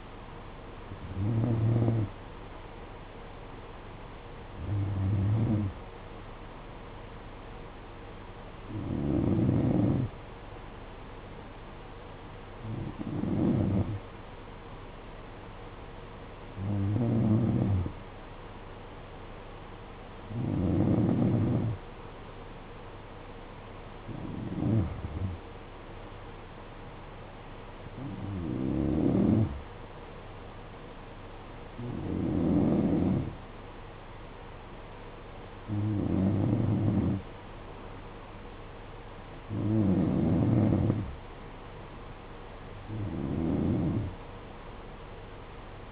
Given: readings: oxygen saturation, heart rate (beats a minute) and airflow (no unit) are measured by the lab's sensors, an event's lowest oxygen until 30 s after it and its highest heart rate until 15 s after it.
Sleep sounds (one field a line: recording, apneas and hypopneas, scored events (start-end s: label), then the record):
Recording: breathing in sleep by a voice recorder at the bedside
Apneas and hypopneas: 1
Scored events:
18.00-41.00 s: hypopnea (N2, oxygen 94% highest, then 91% lowest, heart rate 56 at the start, 63 highest)
From the record:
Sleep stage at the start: N2 (light sleep)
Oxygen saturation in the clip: 91 to 94%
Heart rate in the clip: 52 to 63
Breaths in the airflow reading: 12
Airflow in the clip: -9.2 to 6.5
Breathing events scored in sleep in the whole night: 476 in 9.7 hours asleep